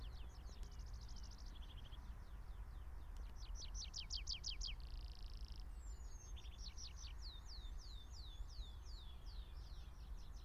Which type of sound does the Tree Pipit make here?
song